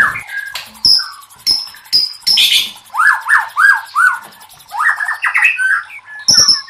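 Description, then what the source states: White-rumped shama song mixing high piercing whistles, harsh noisy notes and a series of repeated mellow down-slurred whistles, delivered in quick uneven bursts. Masteran (training recording for cage birds) of murai batu labaik.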